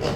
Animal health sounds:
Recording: contact call of a hoofed animal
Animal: pig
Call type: closed-mouth grunt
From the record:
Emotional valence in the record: positive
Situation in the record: food and toys in familiar pen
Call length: 0.16 s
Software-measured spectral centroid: 2180 Hz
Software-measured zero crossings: 1930 a second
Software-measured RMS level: -25 dBFS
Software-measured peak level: -10 dBFS

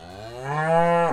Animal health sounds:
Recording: contact call of a hoofed animal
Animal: cattle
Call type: low-frequency (closed-mouth) or high-frequency (open-mouth) call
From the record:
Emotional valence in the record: positive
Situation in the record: visual reunion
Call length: 1.13 s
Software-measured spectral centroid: 1500 Hz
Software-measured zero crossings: 1750 a second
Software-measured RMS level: -22 dBFS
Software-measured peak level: -9 dBFS

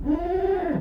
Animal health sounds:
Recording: contact call of a hoofed animal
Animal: goat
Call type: low-frequency (closed-mouth) or high-frequency (open-mouth) call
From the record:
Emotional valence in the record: positive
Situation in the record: food anticipation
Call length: 0.82 s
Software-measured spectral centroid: 930 Hz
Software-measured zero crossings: 810 a second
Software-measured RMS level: -24 dBFS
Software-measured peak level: -14 dBFS

